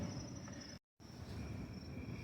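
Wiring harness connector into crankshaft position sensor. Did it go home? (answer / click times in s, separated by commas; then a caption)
no / none. A wiring harness connector is being handled at a newly mounted crankshaft position sensor on a 2002 Buick LeSabre. Steady low rumble and a high, thin tone fill the clip, broken by a brief dropout of near silence around 0.8–1.0 s. The connector has not seated or clicked yet.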